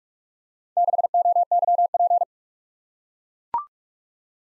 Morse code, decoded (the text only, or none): 6OYP